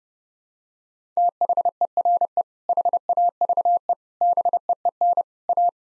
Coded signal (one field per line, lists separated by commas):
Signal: Morse code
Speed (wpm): 30 wpm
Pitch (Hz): 700 Hz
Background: none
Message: THERE HAVE BEEN A